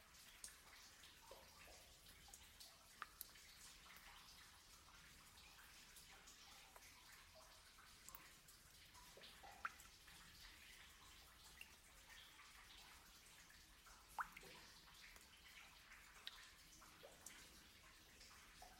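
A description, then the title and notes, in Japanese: Inside a limestone cave, a steady wash of running water fills the space, bright and hissy with a constant low rumble beneath. Sharp drips and splashes punctuate it irregularly, every second or two, a few louder ones standing out near ten and fourteen seconds. 兼清穴(かねきよあな) Kanekiyo Cave in yamaguchi(Japan).sound meditation.山口県美祢市にある洞窟、兼清穴です。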